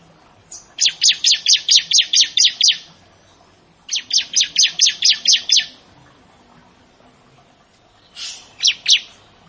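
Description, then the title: Bar-winged prinia song: two fast runs of loud, high, sharp notes, then a brief closing burst of a few notes. "Ciblek Sawah"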